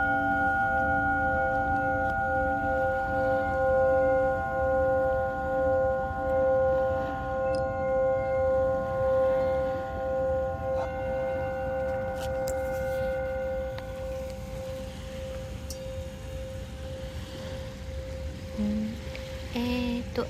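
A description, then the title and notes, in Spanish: A Tibetan singing bowl rings in a long, steady drone, with a bright tone that pulses gently throughout and higher overtones that shift slightly near the midpoint. A low rumbling bed sits underneath the whole time, and a few brief higher chirps appear near the end. Cuenco tibetano desde Caribe Mexicano.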